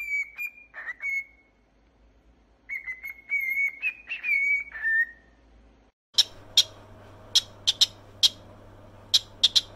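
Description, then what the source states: Cockatiel whistles and chirps: bursts of bright whistled notes, then sharp clicks scattered over a low hum. Several cockatiels, singing with whistling.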